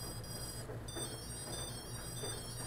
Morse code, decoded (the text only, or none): none